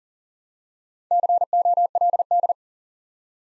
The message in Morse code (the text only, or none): COLD